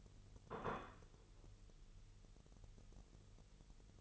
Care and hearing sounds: daily activity, microphone in the room; place plate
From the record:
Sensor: 4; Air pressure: 989.4 hPa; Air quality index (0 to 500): 213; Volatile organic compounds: 61 ppm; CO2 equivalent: 3427 ppm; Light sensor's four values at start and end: 26/91/33/35 and 26/91/33/35

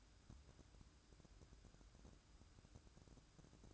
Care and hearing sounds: daily activity, microphone in the room; take from stove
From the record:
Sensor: 2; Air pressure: 1007.8 hPa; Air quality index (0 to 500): 100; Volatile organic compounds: 1 ppm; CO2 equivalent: 761 ppm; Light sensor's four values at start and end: 7/17/7/7 and 7/17/7/7

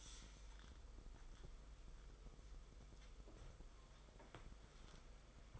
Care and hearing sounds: daily activity, microphone in the room; wipe stove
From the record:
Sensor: 5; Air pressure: 990.6 hPa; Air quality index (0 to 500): 158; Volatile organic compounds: 234 ppm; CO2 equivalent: 4318 ppm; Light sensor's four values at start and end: 41/120/48/51 and 42/123/48/52

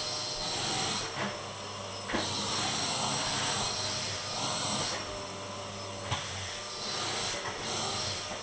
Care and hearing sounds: daily activity, microphone in the room; vacuum cleaning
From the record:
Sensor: 4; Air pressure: 1010.4 hPa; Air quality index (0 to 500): 179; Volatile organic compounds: 5 ppm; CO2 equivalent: 1813 ppm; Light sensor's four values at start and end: 32/96/38/38 and 29/88/34/35

